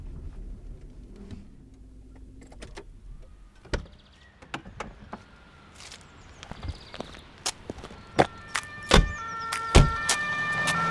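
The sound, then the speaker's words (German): An ambulance bringing a new patient pulls up at a hospital's main entrance and idles as doors clunk and footsteps shuffle, with a run of sharp knocks and faint steady tones growing louder toward the end; no one speaks. “Tatü, tata, da kommt gerade noch ein neuer Patient mit dem Krankenwagen.”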